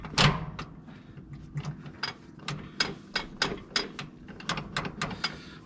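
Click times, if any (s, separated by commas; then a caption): none. A metal reinforcement piece is tapped with a series of sharp, hammer-like metallic blows while being fitted into the gear lever and gearbox cover of a New Holland T480S tractor during a gear-lever repair. The piece has not seated or clicked into place.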